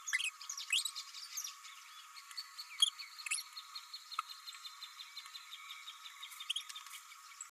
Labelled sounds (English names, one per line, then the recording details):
Green-rumped Parrotlet babbling
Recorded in a nest box in Venezuela
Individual 18B104A3